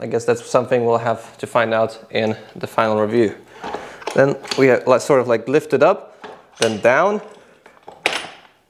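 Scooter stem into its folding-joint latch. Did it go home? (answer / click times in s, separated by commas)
yes / 8.1 s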